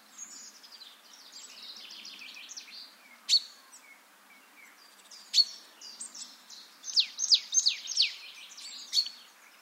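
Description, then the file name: Marsh tit giving rapid buzzy high notes broken by a few sharp clicks, then a quick series of clear, sharply descending calls near the end. "Poecile palustris"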